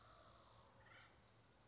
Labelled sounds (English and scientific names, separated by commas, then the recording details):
Acorn Woodpecker (Melanerpes formicivorus)
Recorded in Sonoma County, California